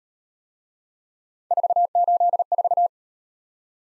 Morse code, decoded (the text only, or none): 484